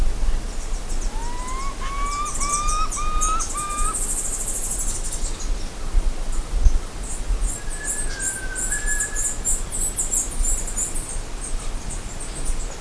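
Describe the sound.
Bird calls: a run of quick rising whistles, then later a single drawn-out falling whistle and high scratchy chatter, all over heavy low-pitched background rumble.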